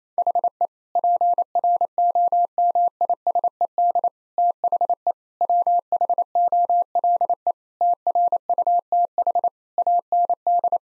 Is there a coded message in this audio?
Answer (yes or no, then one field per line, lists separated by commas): yes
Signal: Morse code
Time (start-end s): 0.2-10.8 s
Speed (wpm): 28 wpm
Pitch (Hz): 700 Hz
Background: none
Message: HE PROMISED THE WHOLE TRUTH AND